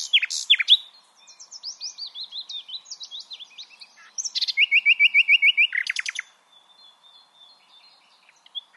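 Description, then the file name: Common nightingale singing a varied phrase of sweeping whistles and chirps, then a fast rattling run of repeated notes, ending with faint scattered notes. "Luscinia megarhynchos"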